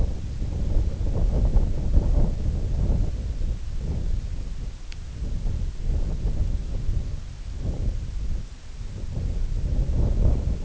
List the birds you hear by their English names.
none